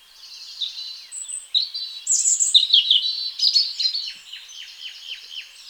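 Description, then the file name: European robin song: rich, varied warbling phrases of high thin whistles and trills, several bright notes, ending in a series of repeated descending slurred notes. "Erithacus rubecula"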